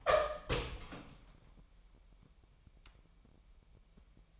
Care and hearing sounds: daily activity, microphone in the room; open door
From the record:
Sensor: 1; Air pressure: 998.4 hPa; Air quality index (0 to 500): 131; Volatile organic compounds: 4 ppm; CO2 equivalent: 1569 ppm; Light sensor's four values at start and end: 19/62/25/25 and 19/62/25/26

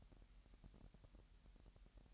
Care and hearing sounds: daily activity, microphone in the room; take from stove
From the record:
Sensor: 3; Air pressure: 1002.0 hPa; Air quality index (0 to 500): 244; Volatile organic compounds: 47 ppm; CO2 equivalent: 3249 ppm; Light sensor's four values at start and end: 6/14/6/6 and 6/14/6/6

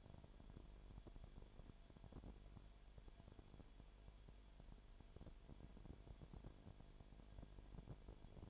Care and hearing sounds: daily activity, microphone in the room; no activity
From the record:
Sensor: 5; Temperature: 19.9 degrees Celsius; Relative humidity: 37.1%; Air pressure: 1007.4 hPa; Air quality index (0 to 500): 84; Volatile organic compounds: 1 ppm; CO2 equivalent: 965 ppm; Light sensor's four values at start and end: 2/3/1/1 and 2/3/1/1

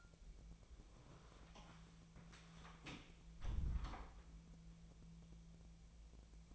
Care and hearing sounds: daily activity, microphone in the room; close door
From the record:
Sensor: 1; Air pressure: 1000.5 hPa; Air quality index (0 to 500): 182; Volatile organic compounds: 4 ppm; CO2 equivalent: 1680 ppm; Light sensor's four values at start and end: 13/30/13/14 and 12/30/12/14

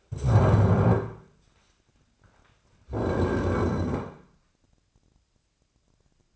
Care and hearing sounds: daily activity, microphone in the room; stand up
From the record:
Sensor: 2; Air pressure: 1009.1 hPa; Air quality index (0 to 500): 174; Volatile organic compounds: 2 ppm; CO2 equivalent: 1275 ppm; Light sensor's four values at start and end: 31/82/35/37 and 35/92/39/42

